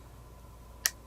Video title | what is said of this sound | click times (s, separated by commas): Sony NW-A306 & Sony LinkBuds unboxing and use with Xperia 1 V | it has a click so unlike a lot of earbud cases besides being magnetic | 0.9 s